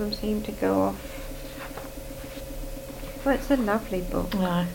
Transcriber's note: turns pages